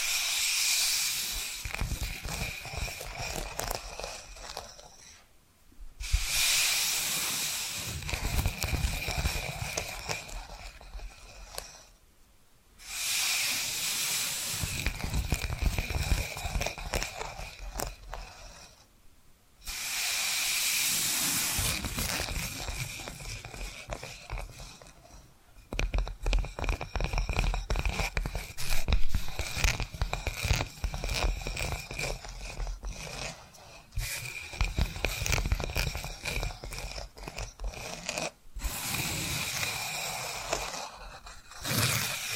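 Tapping and scratching runs in bursts of several seconds, each separated by short silences near 6, 12, 19 and 25 seconds. The sound is dense and bright, a fast hissy rasp with rapid irregular taps, plus a steady high whistle-like tone underneath.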